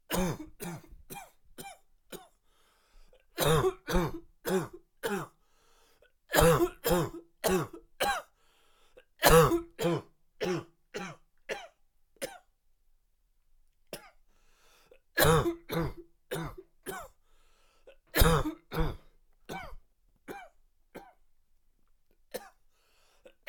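A man coughing in repeated bouts, each bout a quick run of several coughs that fade in strength, separated by short pauses.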